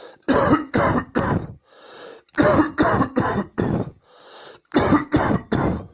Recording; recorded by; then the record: voluntary cough; messaging app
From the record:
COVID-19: negative